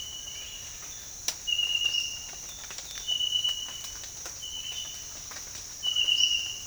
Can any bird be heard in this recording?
no